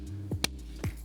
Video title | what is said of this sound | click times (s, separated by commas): Overland Camping Car Demo - Toyota FJ Cruiser | until you hear one click and then you want to hook it on like such | 0.4 s